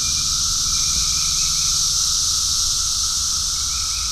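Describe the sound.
Cicadas keep up a continuous high buzzing hiss, with a low rumble underneath and a faint chirp near the end.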